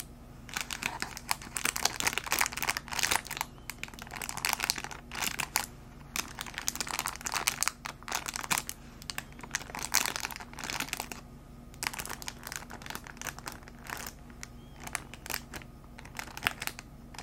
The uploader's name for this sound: Gentle Crinkly Plastic Sounds